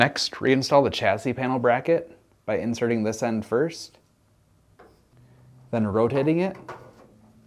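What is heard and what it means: A chassis panel bracket is handled as it is reinstalled into a Fisher & Paykel dryer chassis during a drum bearing kit (part 479332) replacement, inserted end-first and then rotated, while someone talks. Only faint handling noises are heard between the talking, and the bracket has not yet snapped or seated.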